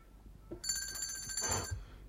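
A hand bell, rung to summon a maid, rings in a quick, steady jangle for just over a second, bright and high-pitched with shimmering metallic overtones, then cuts off, leaving a soft low thump behind.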